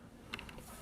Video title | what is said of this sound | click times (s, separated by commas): S.H.MonsterArts King Ghidorah Special Color Ver Review | you can have it set up put this on when you hear a firm click | 0.3 s